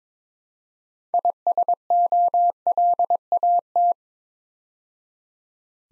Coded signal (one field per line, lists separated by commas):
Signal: Morse code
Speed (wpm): 22 wpm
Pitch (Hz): 700 Hz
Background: none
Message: ISOLAT